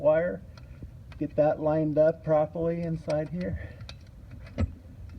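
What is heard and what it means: A voltage regulator wire connector is lined up with its socket on the back of an alternator by hand. Someone talks through most of the clip, followed by a few faint handling ticks near the end. The connector has not seated or clicked yet.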